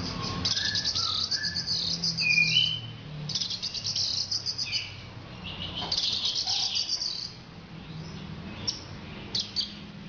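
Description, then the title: Orange-headed thrush singing a dense, rapid jumble of high chirps, buzzes and short whistles that runs almost continuously before easing off near the end. "Anis Merah"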